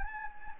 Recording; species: mosquito wingbeat signal from an infrared sensor; Anopheles gambiae